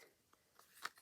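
After being spritzed, the applicator of a water-based metallic gilding polish is pushed into its plastic lid, which keeps it from drying out. Two faint ticks at 0.3 s and 0.6 s come before a sharp, bright click at 0.9 s as the applicator seats in the lid.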